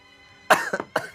His terminal case of massive influenza. It's been a couple of weeks. The sound of that cough.